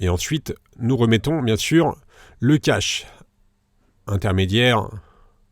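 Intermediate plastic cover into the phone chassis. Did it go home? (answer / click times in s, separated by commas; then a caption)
no / none. Someone talks while the intermediate plastic midframe cover is refitted onto the chassis of a Sony Xperia XZ3 during a battery replacement. The cover is being handled and has not yet seated or clicked in by the end of the clip.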